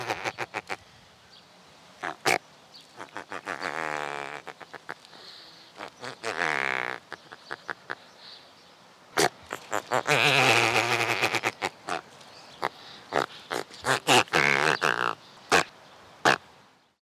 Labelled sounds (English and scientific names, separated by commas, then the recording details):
Great Bustard (Otis tarda)
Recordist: Tembrock, Günter
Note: Lautfolgen